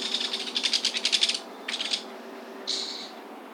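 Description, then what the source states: Belted Kingfisher calls: a run of quick, dry rattling notes for over a second, a shorter rattle, then one brief, harsher grating note near the end. Scream call conveys the bird will not attack, given when attacked by a rival it won't fight or when its mate approaches.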